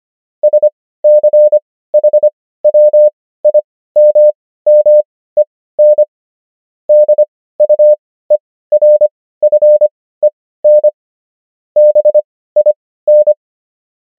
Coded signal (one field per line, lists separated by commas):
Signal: Morse code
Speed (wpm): 25 wpm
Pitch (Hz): 600 Hz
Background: none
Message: SCHWIMMEN DUERFEN BIN